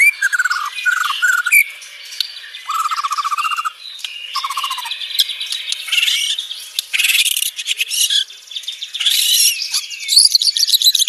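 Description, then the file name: White-rumped shama song, quavering whistled phrases followed by long stretches of dense rapid chatter and buzzy trilling. Banjar white-rumped shama, rapid-fire close-spaced song style. "Suara tembakan speed rapat Murai batu banjar"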